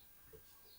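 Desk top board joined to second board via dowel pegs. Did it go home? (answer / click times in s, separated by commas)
no / none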